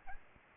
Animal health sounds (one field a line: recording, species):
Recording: mosquito wingbeat signal from an infrared sensor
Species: Aedes albopictus